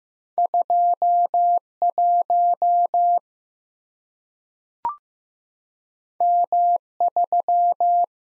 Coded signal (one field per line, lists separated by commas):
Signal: Morse code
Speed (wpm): 15 wpm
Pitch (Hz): 700 Hz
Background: none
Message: 2 1 M 3